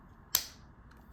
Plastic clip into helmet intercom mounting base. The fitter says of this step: 이렇게 끼우시면 딸깍하는 들어납니다 그러면은